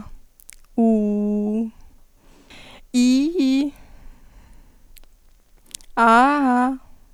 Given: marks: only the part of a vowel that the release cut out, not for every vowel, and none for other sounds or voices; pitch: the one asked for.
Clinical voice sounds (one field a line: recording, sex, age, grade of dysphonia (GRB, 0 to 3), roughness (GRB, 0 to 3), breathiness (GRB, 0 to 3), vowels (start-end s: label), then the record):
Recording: sustained vowels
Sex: female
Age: 18 to 19 years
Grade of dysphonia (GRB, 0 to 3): 0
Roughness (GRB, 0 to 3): 0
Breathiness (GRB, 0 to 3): 0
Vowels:
0.86-1.60 s: vowel /u/, low pitch
2.98-3.64 s: vowel /i/, low-high-low pitch
6.09-6.70 s: vowel /a/, low-high-low pitch
From the record:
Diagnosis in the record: healthy voice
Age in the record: 19 years